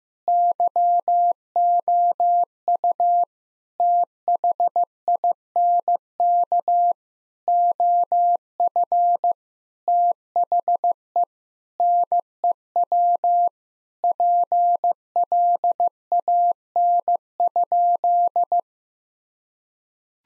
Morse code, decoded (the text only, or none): YOU THINK OF THE NEW PLAN?